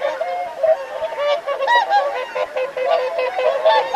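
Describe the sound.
Whooper swans in chorus, rapid overlapping bugling honks with clear ringing tones.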